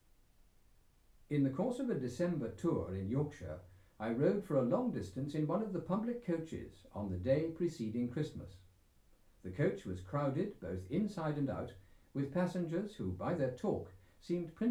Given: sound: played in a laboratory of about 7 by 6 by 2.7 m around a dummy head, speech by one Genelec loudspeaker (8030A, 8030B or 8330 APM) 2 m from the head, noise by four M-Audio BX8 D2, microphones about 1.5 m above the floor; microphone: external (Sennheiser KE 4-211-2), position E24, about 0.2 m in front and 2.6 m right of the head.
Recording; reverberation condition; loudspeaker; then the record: male speech in English; low; 120 degrees to the right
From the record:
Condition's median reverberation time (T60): about 310 ms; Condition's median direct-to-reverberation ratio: about 3.5 dB